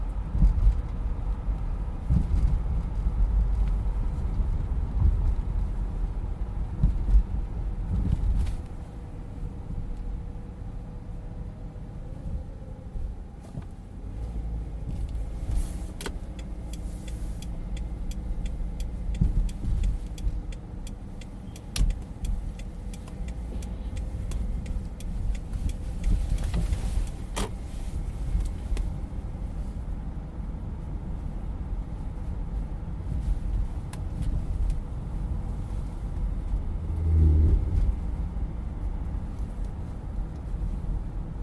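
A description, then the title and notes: A car drives along with a steady low engine and road rumble filling the whole stretch, louder in the first ten seconds. Scattered clicks and brief bright rattles break through, with a sharper knock near 27 seconds and a thump around 37 seconds. Linwood Ave & Barker Ave to ECMC. Driving to the Hospital.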